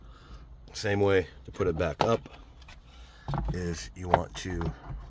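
Someone talks while handling the plastic rear-view mirror cover of a 2024-2026 Hyundai Kona, lining it up to clip back onto the mirror mount at the windshield. A few faint, brief ticks sound between about 2.6 and 3.4 seconds between the speech. The cover's trim clips have not seated or clicked into place yet.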